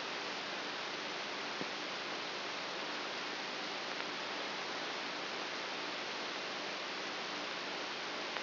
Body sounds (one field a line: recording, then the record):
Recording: brain microelectrode recording played as sound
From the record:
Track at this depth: outside the subthalamic nucleus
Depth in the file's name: 6.44 mm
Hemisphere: right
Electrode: 2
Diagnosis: Parkinson's disease